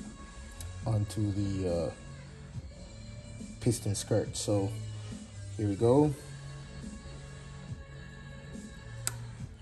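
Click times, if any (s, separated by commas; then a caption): 9.1 s. A second wrist pin retaining clip, its opening end facing up, is pushed into the groove in the piston pin bore of a metal piston while someone talks. The clip clicks into its groove at 9.1 s with a sharp transient, seating it, and it is then checked with a pick.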